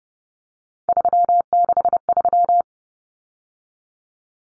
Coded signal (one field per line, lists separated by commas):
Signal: Morse code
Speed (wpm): 30 wpm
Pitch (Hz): 700 Hz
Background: none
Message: 363